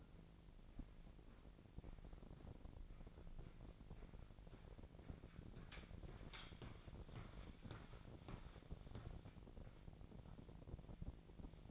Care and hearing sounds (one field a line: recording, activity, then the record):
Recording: daily activity, microphone in the room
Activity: walk to room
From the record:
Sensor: 5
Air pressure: 1012.4 hPa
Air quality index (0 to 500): 243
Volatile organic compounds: 4 ppm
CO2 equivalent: 1617 ppm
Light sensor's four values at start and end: 58/137/57/60 and 58/133/56/61